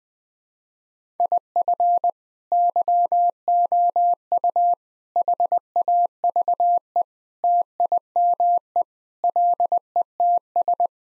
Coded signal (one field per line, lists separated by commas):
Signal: Morse code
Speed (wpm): 21 wpm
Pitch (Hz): 700 Hz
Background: none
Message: IF YOU HAVE TIME LETS